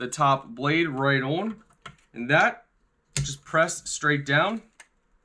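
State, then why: Not seated. A plastic top blade assembly for a fly fan is handled and pressed straight down onto the fan stem while someone talks throughout. A sharp sudden sound comes at 3.2 s and a fainter one at 4.8 s. The clip ends before the blade goes home, so nothing has seated or clicked yet.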